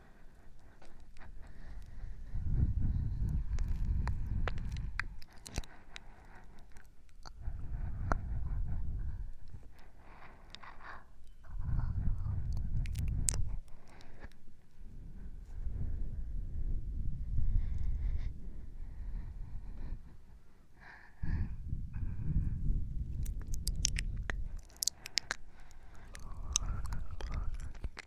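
Slow, heavy breathing, each breath a low rushing swell lasting a couple of seconds and returning roughly every four to five seconds. Small clicks and crackles are scattered on top, with a brief quiet gap just after twenty seconds.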